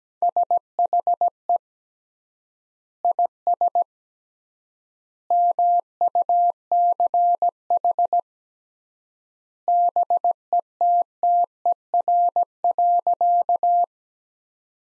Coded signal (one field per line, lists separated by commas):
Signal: Morse code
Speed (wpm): 17 wpm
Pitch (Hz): 700 Hz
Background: none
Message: SHE IS MUCH BETTER.